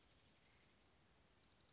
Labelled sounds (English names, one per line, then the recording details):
Dark-eyed Junco
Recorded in Sonoma County, California